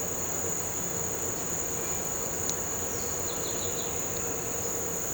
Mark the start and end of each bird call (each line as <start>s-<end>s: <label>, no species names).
3.27s-3.90s: bird call